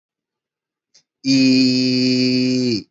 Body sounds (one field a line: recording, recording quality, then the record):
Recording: sustained vowel as in beet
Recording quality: excellent, no background noise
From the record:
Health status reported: healthy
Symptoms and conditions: none ticked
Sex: male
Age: 30 years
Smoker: yes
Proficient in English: yes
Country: India